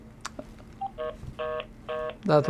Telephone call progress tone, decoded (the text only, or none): reorder tone